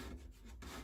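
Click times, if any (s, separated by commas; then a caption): none. A swivel seat base in a VW T25 van is turned back the other way, bringing its lock pin toward its slot in the van seat base, with a steady rubbing, scraping noise over a low rumble for about 0.9 seconds. Nothing has seated or clicked yet; the lock pin has not gone home.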